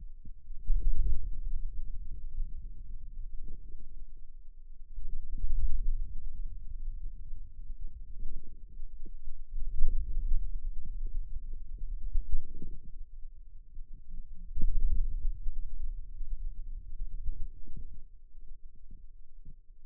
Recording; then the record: forearm muscle sounds (acoustic myography)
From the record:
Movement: ulnar deviation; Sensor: system 2, bracelet of six BSWA MPA416 microphones around the upper forearm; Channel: 6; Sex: male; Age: 22 years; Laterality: right